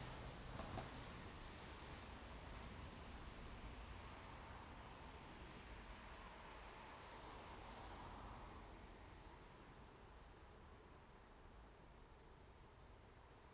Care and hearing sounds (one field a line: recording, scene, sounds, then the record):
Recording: everyday scene through a hearing-aid microphone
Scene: in traffic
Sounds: traffic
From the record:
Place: main road on the outskirts, rush hour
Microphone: in the ear canal, left